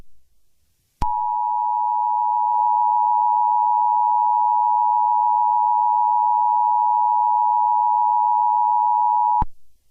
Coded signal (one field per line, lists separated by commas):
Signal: Emergency Alert System (SAME) tones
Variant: 853 and 960 Hz attention tone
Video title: An EAS SCENARIO #9: Omegas Attack